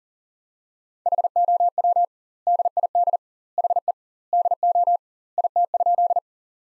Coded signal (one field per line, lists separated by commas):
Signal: Morse code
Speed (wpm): 40 wpm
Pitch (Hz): 700 Hz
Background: none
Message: HOW DID HE DO IT?